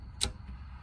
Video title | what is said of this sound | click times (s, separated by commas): DIY locking gun rack w/ Timer in Can-Am Defender SxS with fuse box! | heard it unlock | 0.2 s